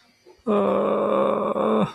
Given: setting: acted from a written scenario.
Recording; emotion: vocal sound without words; distress